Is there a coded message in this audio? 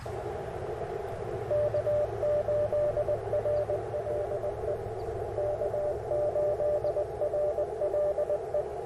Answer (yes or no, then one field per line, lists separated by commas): yes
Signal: Morse code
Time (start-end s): 1.5-8.6 s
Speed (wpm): 21 wpm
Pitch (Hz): 590 Hz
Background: radio noise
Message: K8RLE K8RLE